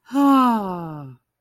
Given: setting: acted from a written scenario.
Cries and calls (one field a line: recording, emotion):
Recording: vocal sound without words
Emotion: ecstasy